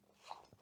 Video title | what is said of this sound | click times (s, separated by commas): What's The Best Method To Pack The Scubapro Hydros BCD? | Same thing on the other side. Push till it clicks | 0.3 s